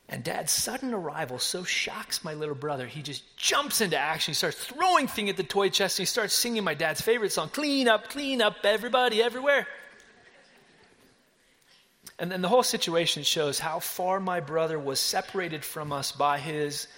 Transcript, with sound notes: Dad’s sudden arrival so shocks my little brother that he just jumps into action and he starts throwing things into the toy chest. He starts singing my dad’s favorite song, “Clean up, clean up, everybody everywhere.” (Laughter!) The whole situation shows how far my brother was separated from us by a